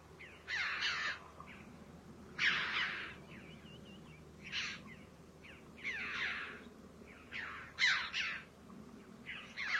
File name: Canto do gralha de bico vermelho